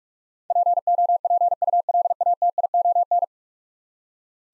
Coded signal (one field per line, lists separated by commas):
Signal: Morse code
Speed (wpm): 42 wpm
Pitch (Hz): 700 Hz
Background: none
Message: POPULATION